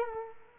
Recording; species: mosquito wingbeat signal from an infrared sensor; Culex quinquefasciatus